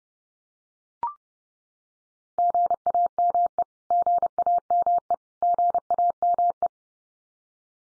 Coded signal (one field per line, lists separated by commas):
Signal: Morse code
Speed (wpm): 30 wpm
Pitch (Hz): 700 Hz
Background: none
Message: GAME GAME GAME